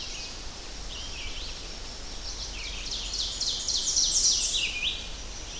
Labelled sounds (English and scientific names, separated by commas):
Ovenbird (Seiurus aurocapilla) song